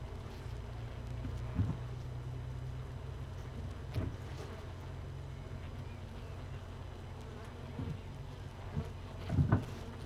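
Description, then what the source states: Honey bee hive drone, a steady low hum broken by a few short louder bumps and knocks, the loudest near the end. Hive without a queen, hive 1, recorded 31 May 2018 at 15:30.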